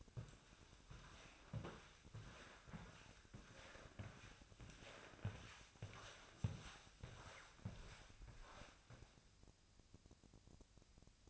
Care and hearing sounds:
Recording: daily activity, microphone in the room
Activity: walk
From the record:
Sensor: 2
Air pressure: 1000.4 hPa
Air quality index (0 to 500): 164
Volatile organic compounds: 3 ppm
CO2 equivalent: 1368 ppm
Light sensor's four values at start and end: 14/38/15/17 and 14/38/15/17

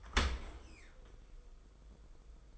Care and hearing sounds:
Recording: daily activity, microphone in the room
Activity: open dishwasher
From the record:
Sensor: 5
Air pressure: 990.7 hPa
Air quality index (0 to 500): 165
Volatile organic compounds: 315 ppm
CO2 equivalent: 4514 ppm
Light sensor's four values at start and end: 38/116/45/48 and 38/115/45/47

